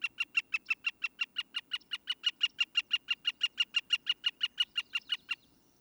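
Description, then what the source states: Northern Flicker giving one long, steady series of many sharp, evenly spaced kek notes, slightly louder in the middle before stopping abruptly. Recording played on air; a common woodpecker of towns, large and spotted, often seen in yards, good for beginners to identify.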